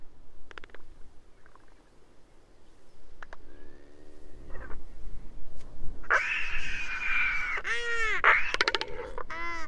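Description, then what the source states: Royal albatross: scattered clicks and a soft moan open, then loud brays, arched wailing calls and a final harsh rattle. Several birds singing together.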